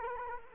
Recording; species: mosquito wingbeat signal from an infrared sensor; Culex quinquefasciatus